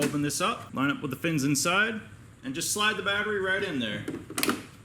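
Someone talks while opening the battery compartment of an EGO LM2102SP self-propelled electric lawn mower and lines up a plastic lithium battery pack with the fins inside the bay to slide it in. The battery has not seated or clicked into place yet.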